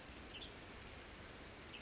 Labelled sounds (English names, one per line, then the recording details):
Western Tanager
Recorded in Sonoma County, California